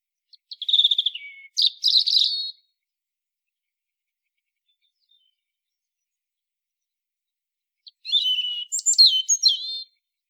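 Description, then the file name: European robin delivering two bright, high phrases with quick trills and rising and falling thin whistles, separated by a long pause. "Erithacus rubecula"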